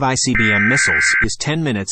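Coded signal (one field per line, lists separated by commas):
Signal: Emergency Alert System (SAME) tones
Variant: header bursts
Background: speech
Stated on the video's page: Fictional EAS scenario about World War 3.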